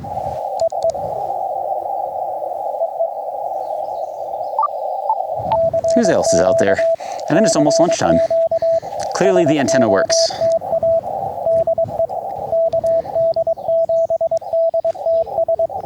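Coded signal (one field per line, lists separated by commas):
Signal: Morse code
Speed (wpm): 22 wpm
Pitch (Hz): 660 Hz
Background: speech, radio noise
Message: EE EE CQ CQ SOTA DE KD7DTS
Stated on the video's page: Summit activation (SOTA) QRP CW on a monoband dipole, sent with a tiny paddle; no translations given.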